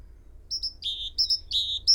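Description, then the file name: Great tit calls in quick succession, high notes alternating with lower drawn notes, about two full phrases in a short burst. "Parus major"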